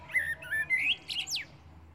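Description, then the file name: Common blackbird song: a short sequence of mellow whistled notes ending in a squeaky, sharply falling high flourish. "Turdus merula"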